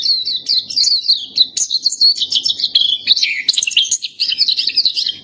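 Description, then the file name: Black-capped white-eye song: lively, unbroken high twittering with fast jumbled chirps and slurred notes that rise and fall throughout. "suara kicauan pleci blackcapped"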